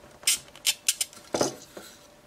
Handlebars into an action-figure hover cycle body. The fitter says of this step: so it should snap into place